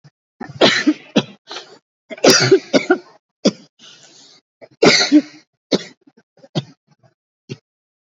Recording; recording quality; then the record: shallow voluntary cough; excellent, no background noise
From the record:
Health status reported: COVID-19 positive, mild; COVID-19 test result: positive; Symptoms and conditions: cough, cold, fever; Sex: female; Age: 34 years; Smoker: not ticked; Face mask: not worn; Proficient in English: yes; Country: India